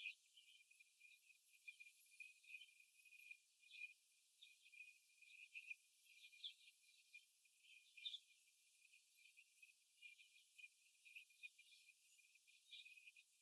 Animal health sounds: young laying hens in a cage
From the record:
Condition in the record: after the stressor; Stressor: simulated dog barking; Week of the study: 1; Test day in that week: 2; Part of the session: 2

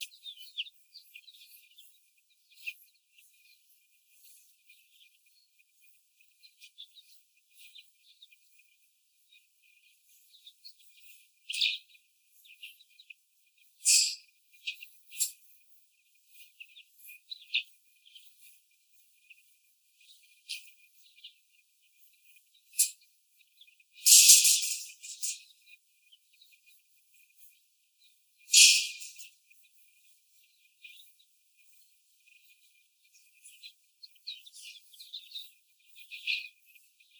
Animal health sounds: young laying hens in a cage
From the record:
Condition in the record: after the stressor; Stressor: simulated dog barking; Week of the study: 4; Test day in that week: 1

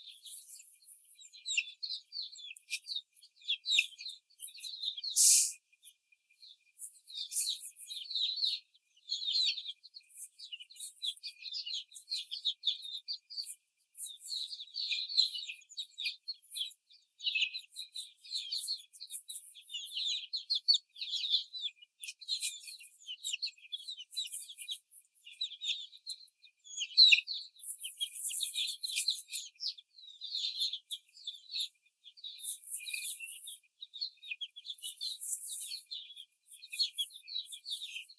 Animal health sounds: young laying hens in a cage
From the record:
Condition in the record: before the stressor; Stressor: simulated dog barking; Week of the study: 4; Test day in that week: 3

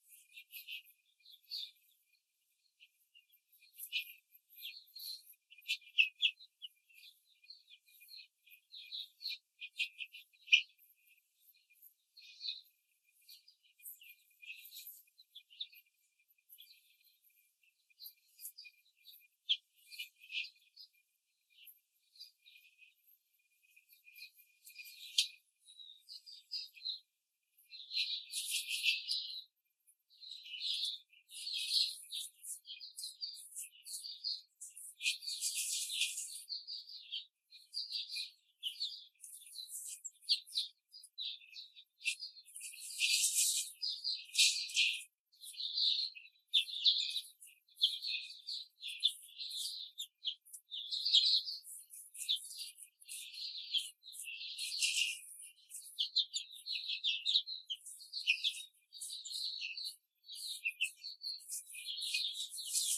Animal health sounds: young laying hens in a cage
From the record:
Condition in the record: control cage, before the stress test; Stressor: none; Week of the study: 4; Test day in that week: 1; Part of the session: 2

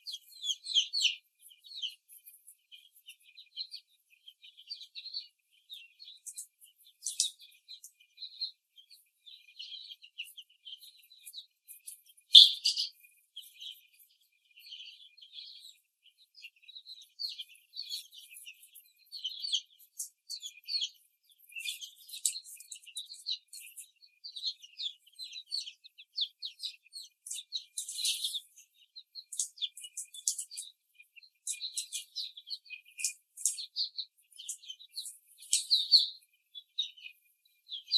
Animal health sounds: young laying hens in a cage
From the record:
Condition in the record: before the stressor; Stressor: simulated dog barking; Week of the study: 3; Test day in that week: 1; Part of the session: 3

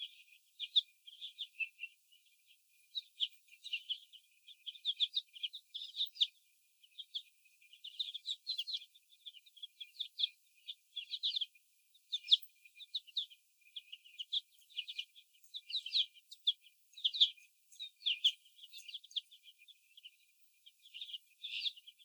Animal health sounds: young laying hens in a cage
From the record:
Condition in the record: after the stressor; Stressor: sudden umbrella opening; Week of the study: 2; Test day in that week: 1

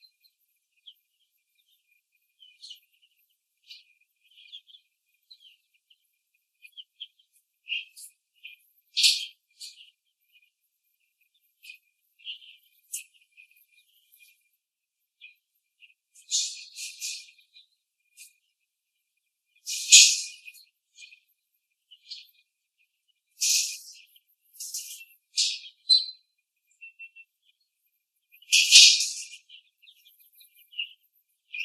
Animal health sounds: young laying hens in a cage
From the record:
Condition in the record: before the stressor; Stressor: simulated dog barking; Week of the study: 2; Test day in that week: 3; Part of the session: 4

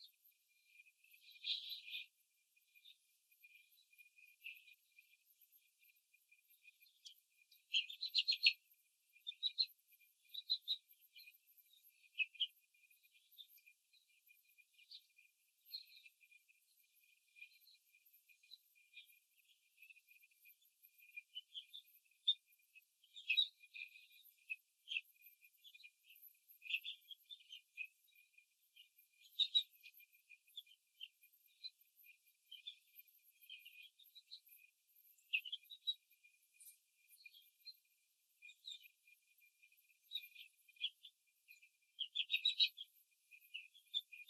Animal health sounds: young laying hens in a cage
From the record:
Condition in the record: control cage, after the stress test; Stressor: none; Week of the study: 4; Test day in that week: 3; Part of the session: 3

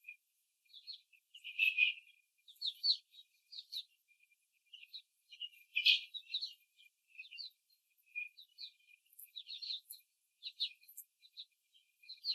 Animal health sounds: young laying hens in a cage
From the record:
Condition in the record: before the stressor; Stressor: simulated dog barking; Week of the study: 3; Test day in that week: 2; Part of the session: 4

